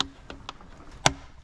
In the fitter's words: the clips will just push back into place just push right on the back of them you'll hear a nice solid click